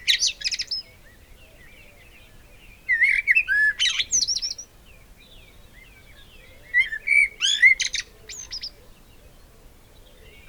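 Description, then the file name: Eurasian blackbird song: rich whistled phrases with scratchy high-pitched endings, three bursts separated by quiet gaps of a couple of seconds. "Turdus merula"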